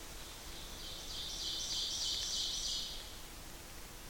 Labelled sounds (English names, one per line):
Ovenbird song